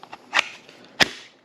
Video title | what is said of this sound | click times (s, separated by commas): SAKER Cordless Grass Shears/Hedge Trimmer | until it clicks | 0.4 s